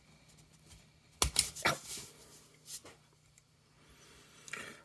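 The upper leg joint of a plastic Transformers Generations: Legacy Evolution Leo Prime (Lio Convoy) figure is pushed until it snaps into place with a loud, sharp click at 1.2 s. Further quick plastic clicks and rattles follow at about 1.4 s and 1.7 s, then a few softer handling sounds. The joint is seated.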